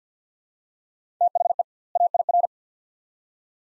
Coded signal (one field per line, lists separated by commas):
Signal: Morse code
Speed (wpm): 50 wpm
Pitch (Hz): 700 Hz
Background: none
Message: THE AIR